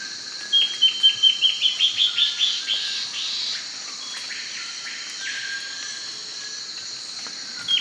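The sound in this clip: Bird calls a descending burst of short notes in the first three seconds, then only a steady hum until a final chirp.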